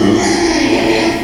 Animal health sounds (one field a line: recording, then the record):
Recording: squeal of a Yucatan mini pig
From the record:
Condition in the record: after surgery on the right vocal fold (resection and tissue-engineered implant)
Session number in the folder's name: 2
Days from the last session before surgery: 13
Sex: male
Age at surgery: 12 weeks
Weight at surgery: 13 kg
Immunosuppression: cyclosporine, prednisolone